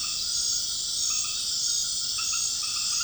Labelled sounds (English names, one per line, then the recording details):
none
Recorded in dense forest near Puerto Asís, Putumayo, Colombia, on 18 February 2024 at 20:00
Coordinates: 0.502, -76.324
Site G6370